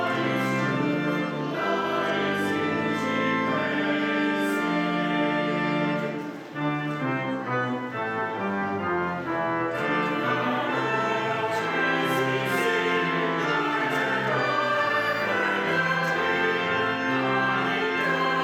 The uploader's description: the choir with the organ, and the congregation singing